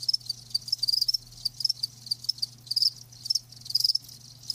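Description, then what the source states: Cricket chirping, high-pitched pulsed trills in quick bursts, repeated steadily, with a faint low hum underneath. Live crickets chirping.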